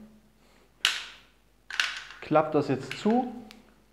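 A Glock pistol is handled in a carbine stock chassis, being slid onto the chassis rail before the chassis is folded shut to latch. A sharp handling knock sounds at 0.9 s and brief rattles follow at 1.7 and 1.8 s while someone talks. Nothing has seated or clicked yet.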